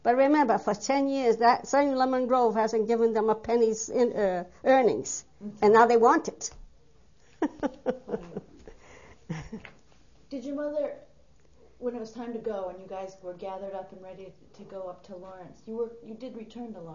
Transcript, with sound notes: But remember for ten years that same lemon grove hasn't given them penny's, uh, earnings and now they want." (She laughs.)
Did your mother, when it was time to go and you guys were gathered up and ready to go up to Lawrence, you did return to Lawrence?